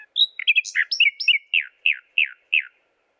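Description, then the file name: Common nightingale song, a rich phrase of varied whistled and chirping notes ending in a row of about four repeated slurred notes. "Luscinia megarhynchos"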